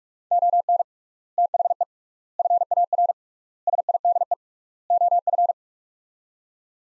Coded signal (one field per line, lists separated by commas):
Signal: Morse code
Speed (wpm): 46 wpm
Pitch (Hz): 700 Hz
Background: none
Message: ON THE FAR SIDE OF